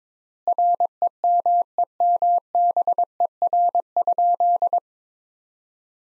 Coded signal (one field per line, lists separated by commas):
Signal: Morse code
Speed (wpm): 22 wpm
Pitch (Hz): 700 Hz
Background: none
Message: REMEMBER?